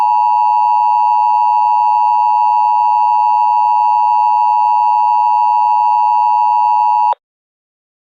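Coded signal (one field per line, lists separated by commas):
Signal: Emergency Alert System (SAME) tones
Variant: 853 and 960 Hz attention tone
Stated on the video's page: Recreated severe thunderstorm alert for Laredo with valid EAS tones, presented on a DASDEC-II screen with FiOS scroll.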